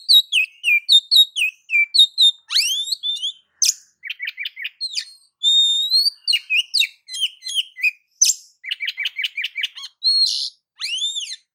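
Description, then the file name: Oriental magpie-robin song, a fast, continuous string of varied chirps, rising and falling whistles and harsh buzzy notes, with barely a pause between phrases. "Suara-Kacer-Versi-7"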